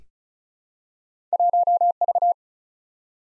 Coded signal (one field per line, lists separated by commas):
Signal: Morse code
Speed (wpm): 36 wpm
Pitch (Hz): 700 Hz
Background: none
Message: 1V